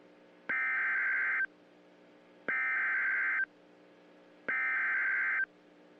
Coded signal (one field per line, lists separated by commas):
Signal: Emergency Alert System (SAME) tones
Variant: header bursts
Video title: Alachua County EAS (Florida Man)